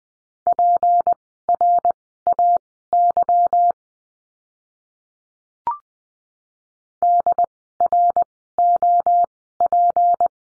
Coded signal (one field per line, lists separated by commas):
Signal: Morse code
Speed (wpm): 20 wpm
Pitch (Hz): 700 Hz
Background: none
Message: PRAY DROP